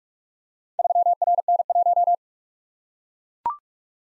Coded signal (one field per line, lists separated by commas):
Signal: Morse code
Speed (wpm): 44 wpm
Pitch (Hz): 700 Hz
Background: none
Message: 3RN1